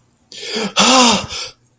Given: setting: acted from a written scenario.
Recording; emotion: vocal sound without words; distress